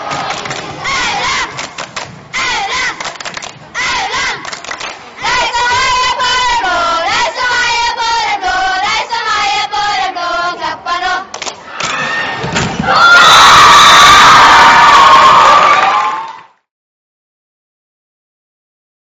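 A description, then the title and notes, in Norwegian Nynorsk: Girls from Aurland cheer on their team, chanting in short rhythmic bursts with clear pauses between phrases. Around the middle their voices rise into a sustained, sing-song chant. Near thirteen seconds it swells into loud, dense shouting that cuts off abruptly around sixteen seconds. På Voss handballcup er det mange kampar. Jentene frå Aurland syner korleis ein skal heia fram sitt lag.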